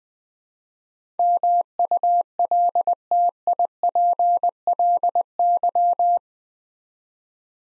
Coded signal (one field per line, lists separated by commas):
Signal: Morse code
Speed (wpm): 20 wpm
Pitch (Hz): 700 Hz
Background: none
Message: MULTIPLY